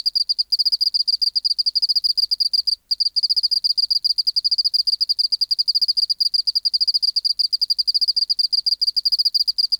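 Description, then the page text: Oceanic field cricket producing a continuous high, rapidly pulsed song with a couple of brief gaps. Museum specimen in the BMNH Acoustic Laboratory, 19 March 1984, 11:15 local time, 24°C, 30% humidity, still air, dim light. "412:14 Teleogryllus oceanicus (514r2). BioAcoustica. Natural History Museum Sound Archive. Recording Location: BMNH Acoustic Laboratory Recorded by: W. J. Reynolds Date Recorded: Mandag, marts 19, 1984 Local time: 1115"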